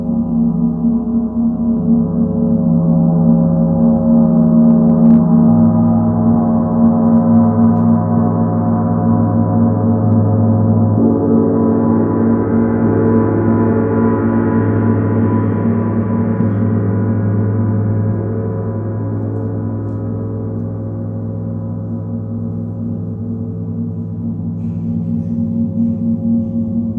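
A gong rings in a sustained, layered drone, its low tones shifting and swelling slightly around the middle before settling, steady throughout.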